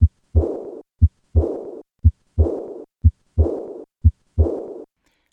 The change in the audibility of an aortic regurgitation murmur with the hand grip maneuver.